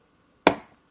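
A DDR4 memory stick is pushed down into a motherboard DIMM slot until the retention clips snap shut on both sides. One sharp, bright click sounds at 0.5 s (0.47 s) and fades within about a quarter second, with quiet before and after. The RAM module is seated in the slot.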